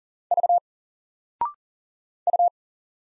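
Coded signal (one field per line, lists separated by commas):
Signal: Morse code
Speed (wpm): 40 wpm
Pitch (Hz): 700 Hz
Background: none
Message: V U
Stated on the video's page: Single-letter Morse drill at 40 wpm, each letter sent, spoken after a 0.6 s pause, then sent again.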